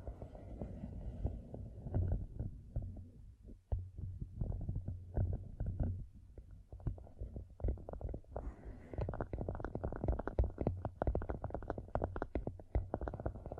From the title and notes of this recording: ASMR Gem Covered Fingertips Tapping and Scratching (No Talking).